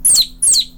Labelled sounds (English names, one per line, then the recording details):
Stitchbird song
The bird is a male
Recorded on Tiritiri Matangi Island, New Zealand, in 2005
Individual 17, of nest box 25